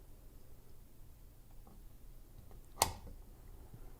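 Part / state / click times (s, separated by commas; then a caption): sharpening rod end into magnetic holder of knife sharpener / seated / 2.8 s. The end piece of the sharpening rod on a Work Sharp Precision Adjust Knife Sharpener is pushed up into its holder, where a magnet holds it. Against a quiet low hum, a single sharp snap is heard at 2.8 s. The rod locks in and is seated.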